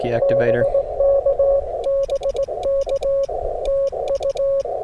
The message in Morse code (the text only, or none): BK BK TU